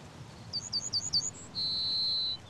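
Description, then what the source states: Yellowhammer song: several short, bright, high chirps in quick succession, then one long, drawn-out, thin whistled note, against a faint low background rumble. Distinctive call of the male, likened to the phrase 'a little bit of bread and no cheese'; breeding bird survey in the Chilterns.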